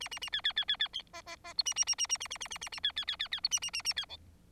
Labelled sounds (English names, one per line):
Bengalese Finch song